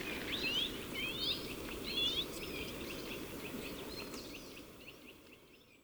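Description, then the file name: European goldfinch calls: a few quick, liquid twittering chirps in the first few seconds, then fainter scattered notes over a steady low rushing background noise. "Carduelis carduelis"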